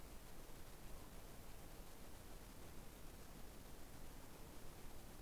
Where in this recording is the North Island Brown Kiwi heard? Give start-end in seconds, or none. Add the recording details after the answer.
none. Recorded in New Zealand on 21 November 2014. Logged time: 02:28. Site CL78